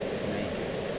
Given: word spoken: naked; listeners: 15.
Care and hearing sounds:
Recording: one English word in noise, from a listening test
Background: speech-shaped noise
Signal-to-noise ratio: -5.6 dB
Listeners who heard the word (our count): 3 of 15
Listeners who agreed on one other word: 8 of 15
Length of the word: 0.59 s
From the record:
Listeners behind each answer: 8, 3, 2, 1, 1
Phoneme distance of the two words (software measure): 37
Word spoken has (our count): 2 syllables, 5 phonemes, stress on syllable 1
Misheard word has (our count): 2 syllables, 4 phonemes, stress on syllable 1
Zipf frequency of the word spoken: 4.24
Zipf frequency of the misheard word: 5.05

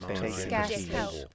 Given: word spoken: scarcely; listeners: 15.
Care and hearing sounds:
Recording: one English word in noise, from a listening test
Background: four-talker babble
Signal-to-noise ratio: -1.9 dB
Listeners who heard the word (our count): 4 of 15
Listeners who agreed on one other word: 6 of 15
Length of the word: 0.95 s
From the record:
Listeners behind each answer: 6, 4, 3, 1, 1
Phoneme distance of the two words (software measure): 14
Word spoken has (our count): 2 syllables, 6 phonemes, stress on syllable 1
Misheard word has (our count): 1 syllable, 4 phonemes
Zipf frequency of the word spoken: 3.19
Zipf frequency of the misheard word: 3.51

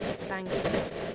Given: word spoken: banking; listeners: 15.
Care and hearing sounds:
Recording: one English word in noise, from a listening test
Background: noise modulated by three-talker babble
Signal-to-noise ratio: -7.4 dB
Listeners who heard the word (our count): 2 of 15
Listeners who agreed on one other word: 6 of 15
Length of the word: 0.75 s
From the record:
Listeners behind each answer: 6, 2, 2, 2, 1, 1, 1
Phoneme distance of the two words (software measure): 24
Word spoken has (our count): 2 syllables, 6 phonemes, stress on syllable 1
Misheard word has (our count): 1 syllable, 4 phonemes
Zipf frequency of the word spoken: 4.45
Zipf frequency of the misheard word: 5.87

